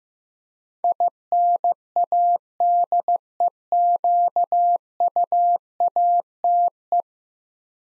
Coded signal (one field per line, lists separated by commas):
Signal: Morse code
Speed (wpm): 15 wpm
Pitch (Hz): 700 Hz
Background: none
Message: INADEQUATE